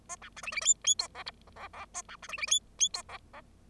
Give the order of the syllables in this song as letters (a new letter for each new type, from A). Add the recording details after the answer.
A B C D D E E F G H G G A B C D D E E F G G. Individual Bird0